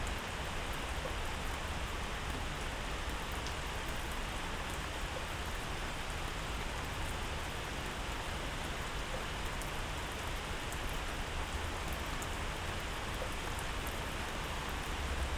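Rain falls steadily in a garden, a dense, even hiss that holds the same level from start to finish. Faint individual drops tick brightly here and there above the wash, and a low rumble sits underneath throughout.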